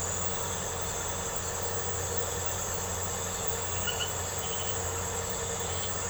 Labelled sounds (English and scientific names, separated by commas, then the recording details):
none
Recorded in secondary vegetation near Puerto Asís, Putumayo, Colombia, on 4 March 2025 at 00:30
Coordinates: 0.468, -76.324
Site G059